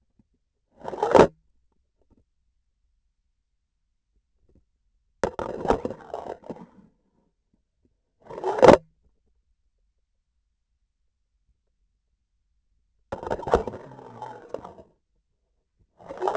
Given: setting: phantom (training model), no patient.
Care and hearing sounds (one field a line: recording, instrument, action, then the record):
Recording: laparoscopic instrument, vibration sensor on the handle end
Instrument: grasping forceps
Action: insertion and removal through the trocar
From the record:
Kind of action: spatial motion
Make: other than Olympus